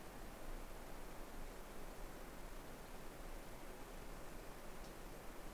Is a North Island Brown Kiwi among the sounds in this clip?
no